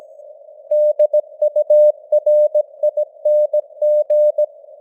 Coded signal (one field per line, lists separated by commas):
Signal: Morse code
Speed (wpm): 17 wpm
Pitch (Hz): 600 Hz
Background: none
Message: DURING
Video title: Morse Code News | 2025-11-16 | 17wpm